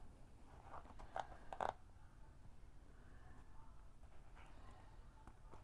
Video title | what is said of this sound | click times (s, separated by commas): Easy Boxy Pouch with Handle (No Lining!) - Full Pattern Inside | just push it in, and it didn't catch even, so I'm going to do it again. | none